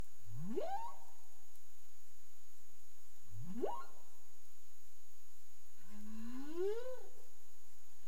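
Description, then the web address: Humpback whale calls: two quick rising whoops three seconds apart, then a slower, longer upward-bending moan, with a thin constant tone in the background. Recorded on 30 April 2035 at 03:29 UTC. "CARIMAM clean data humpback whale"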